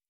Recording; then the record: hydrophone in a shrimp aquaculture tank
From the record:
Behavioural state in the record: stressed